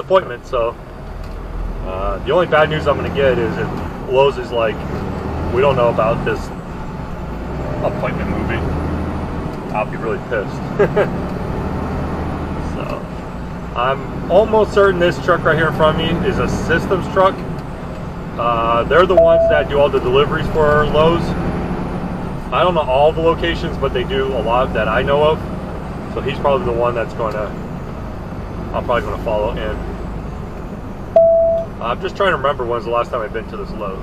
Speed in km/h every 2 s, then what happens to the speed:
0, 6, 11, 15, 19, 21, 24, 27, 32, 35, 39, 40, 44, 47, 48, 50, 48.
0-25 pulls away to 47. 25-34 steady at about 48.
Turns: none.